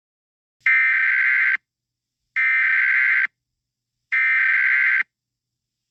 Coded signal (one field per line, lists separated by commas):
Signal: Emergency Alert System (SAME) tones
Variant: header bursts